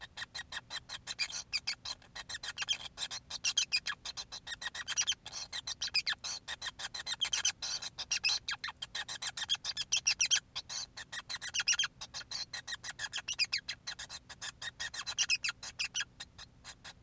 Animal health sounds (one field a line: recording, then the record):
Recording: song of a male Bengalese finch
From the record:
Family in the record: son of father 5